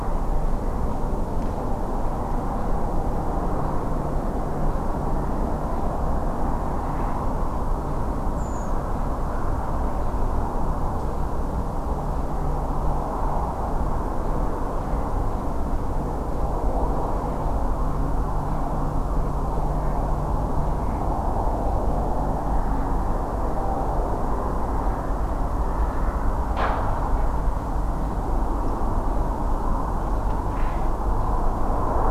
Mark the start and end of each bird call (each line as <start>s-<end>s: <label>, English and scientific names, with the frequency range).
8.35s-8.70s: Redwing (Turdus iliacus) (6.3-8.3 kHz)